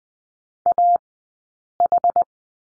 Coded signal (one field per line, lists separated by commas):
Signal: Morse code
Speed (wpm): 20 wpm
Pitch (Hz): 700 Hz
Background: none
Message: AH